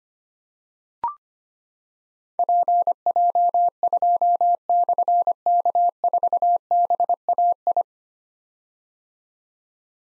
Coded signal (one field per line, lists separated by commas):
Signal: Morse code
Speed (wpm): 25 wpm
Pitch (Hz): 700 Hz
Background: none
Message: PJ2/K4BAI